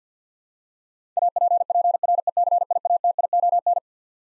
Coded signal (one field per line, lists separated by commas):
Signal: Morse code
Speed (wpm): 50 wpm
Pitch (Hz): 700 Hz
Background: none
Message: APPRECIATION